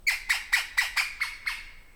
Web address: ecosound web LSP 4 Ppallescens 20180915 090000